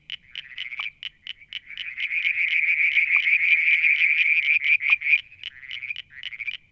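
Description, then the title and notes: Frogs calling with regular short pulsed notes over a continuous high trill that swells and ebbs, plus a few sharp clicks. Striped marsh frog, Verreaux's tree frog and an unidentified frog; Mount Wilson, New South Wales, Australia; July 2022; evening near a water tank. "Frog song, Mount Wilson, New South Wales, Australia in July 2022 – by Alexander Moffatt. Limnodynastes Peronii, Litoria Verreauxii and a mystery frog one evening near the water tank"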